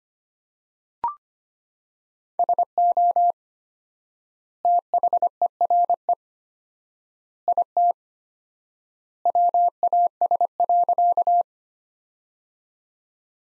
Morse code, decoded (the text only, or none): SO THERE IT WAS.